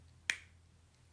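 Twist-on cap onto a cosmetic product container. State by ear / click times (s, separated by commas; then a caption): seated / 0.3 s. A twist-on cap is turned onto a small cosmetic product container until it clicks shut. A single sharp, bright click is heard at 0.3 s over a quiet low hum. The lid is fully closed, which keeps the product good for a long time.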